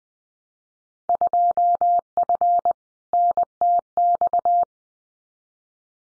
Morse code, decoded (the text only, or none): 2F NTX